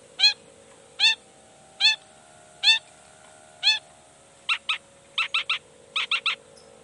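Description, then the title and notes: Long-tailed shrike giving rich, harsh nasal calls spaced about a second apart, followed by quicker clusters of buzzy double and triple notes. Morning singing; chatty, varied song of a long-tailed shrike, said to prompt other shrikes to answer at once and start singing their repertoire. "Cendet Gacor Dor Di Kala Pagi Toet Toet Variasi Suara. Cendet Gacor Pagi Hari Biangnya Bikin Cendet Manapun Langsung On Nyaut Buka Materi. Burung cendet"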